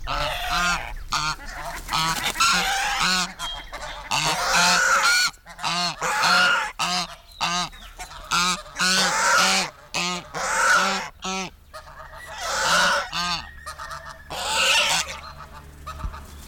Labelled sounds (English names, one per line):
Swan Goose call